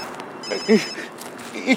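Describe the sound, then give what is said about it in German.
A mobile phone rings with two short electronic tone bursts about a second apart, the melody sitting in a mid register over a steady, hissy high-pitched background. “Mach das Handy aus.”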